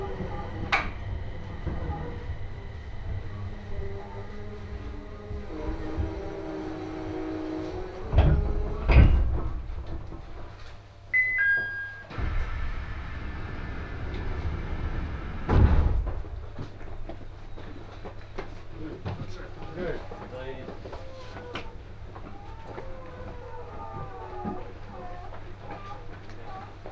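Aboard a train on the Tohoku Main Line, a steady low rumble and hum run throughout, with murmuring voices layered over it. Loud thumps and clunks break in near 9 and 16 seconds, and a short bright tone sounds around 11 seconds.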